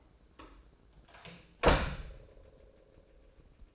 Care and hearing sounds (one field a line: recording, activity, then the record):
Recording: daily activity, microphone in the room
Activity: close door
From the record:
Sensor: 2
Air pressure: 1012.2 hPa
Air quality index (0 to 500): 160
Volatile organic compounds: 2 ppm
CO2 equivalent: 1169 ppm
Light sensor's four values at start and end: 454/1137/463/489 and 457/1144/467/493